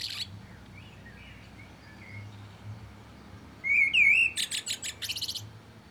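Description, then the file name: Common blackbird singing a rich whistled phrase that slides up and down, followed by a series of rapid high scratchy twitters; faint song earlier. "Turdus merula"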